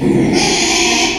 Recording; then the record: squeal of a Yucatan mini pig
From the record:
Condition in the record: after surgery on the right vocal fold (resection and tissue-engineered implant); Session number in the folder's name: 2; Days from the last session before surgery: 13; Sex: male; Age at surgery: 12 weeks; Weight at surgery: 13 kg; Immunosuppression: cyclosporine, prednisolone